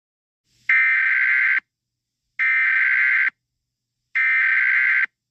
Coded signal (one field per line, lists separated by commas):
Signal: Emergency Alert System (SAME) tones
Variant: header bursts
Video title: EAS SCENARIO 13: The Unvitational Committee Attack